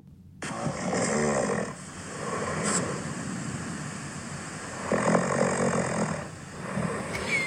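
Two long, rough, rattling snores about four seconds apart, each rising out of steady background noise, fitting a slow sleep breathing rhythm. This is ordinary snoring from a sleeping adult, made by soft tissue in the throat vibrating on the in-breath during sleep.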